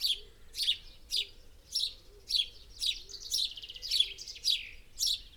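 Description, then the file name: House sparrow chirping, sharp buzzy chirps repeated almost twice a second in a steady series, with faint low tones underneath. "Passer domesticus"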